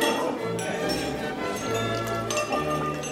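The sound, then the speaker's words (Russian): Glasses clink together in a toast, a few bright chiming strikes ringing over a dense, steady background of sustained tones and murmuring voices. “Господа! Наполните бокал!”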